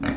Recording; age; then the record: pig call; growing-finishing pig (85 days or more)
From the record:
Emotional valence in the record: negative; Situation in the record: barren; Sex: female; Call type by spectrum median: low-frequency call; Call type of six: low-frequency tonal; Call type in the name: low-frequency stable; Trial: 1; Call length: 0.17 s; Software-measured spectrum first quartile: 235 Hz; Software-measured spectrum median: 488 Hz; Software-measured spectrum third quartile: 1495 Hz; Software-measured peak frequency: 262 Hz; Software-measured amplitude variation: 159 dB a second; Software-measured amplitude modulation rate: 20.6 a second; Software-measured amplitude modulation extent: 7.7 dB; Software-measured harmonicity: 2.8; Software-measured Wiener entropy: -1.87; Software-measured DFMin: 517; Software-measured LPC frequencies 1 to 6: 1762, 3600, 4464, 6549, 7609, 8150 Hz